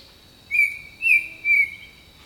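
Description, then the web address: Bird song: three loud, clear whistled notes in quick succession, the middle one slightly higher, over a faint steady insect tone. Jungle birdsong. "Echoes of Nature - Jungle Talk Jungle Birdsong"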